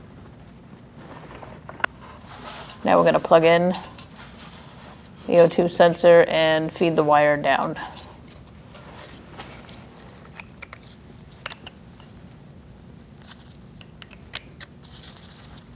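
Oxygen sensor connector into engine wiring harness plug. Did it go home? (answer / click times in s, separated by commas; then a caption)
no / none. The new left downstream oxygen sensor's plastic electrical connector on a 2008-2014 Mercedes-Benz C300 3.0L V6 is handled as it is about to be plugged into the engine wiring harness plug. Someone talks, and brief light ticks and taps from handling are heard around it. The connector has not clicked or seated yet by the end of the clip.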